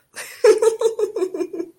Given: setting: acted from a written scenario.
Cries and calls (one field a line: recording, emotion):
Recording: vocal sound without words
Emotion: amusement